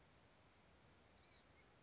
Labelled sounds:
Blue-gray Gnatcatcher
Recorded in Sonoma County, California

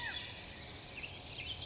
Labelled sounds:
California Quail
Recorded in Sonoma County, California

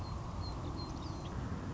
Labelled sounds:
Song Sparrow
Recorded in Sonoma County, California

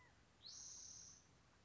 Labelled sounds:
Spotted Towhee
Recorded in Sonoma County, California

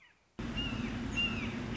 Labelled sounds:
Red-shouldered Hawk
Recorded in Sonoma County, California

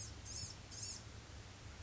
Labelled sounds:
Blue-gray Gnatcatcher
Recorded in Sonoma County, California

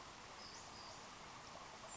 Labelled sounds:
Western Flycatcher
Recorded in Sonoma County, California

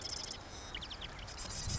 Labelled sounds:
Marsh Wren
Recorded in Sonoma County, California

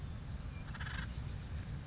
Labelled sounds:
Acorn Woodpecker
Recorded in Sonoma County, California

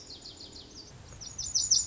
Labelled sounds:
Lazuli Bunting
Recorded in Sonoma County, California

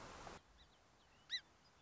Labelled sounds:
Song Sparrow
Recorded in Sonoma County, California

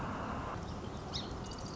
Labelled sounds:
Song Sparrow
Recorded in Sonoma County, California

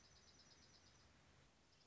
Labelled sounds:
Dark-eyed Junco
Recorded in Sonoma County, California

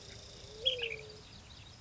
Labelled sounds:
Ash-throated Flycatcher
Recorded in Sonoma County, California

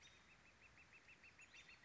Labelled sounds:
Northern Flicker
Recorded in Sonoma County, California

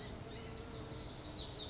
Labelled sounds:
Blue-gray Gnatcatcher
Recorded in Sonoma County, California

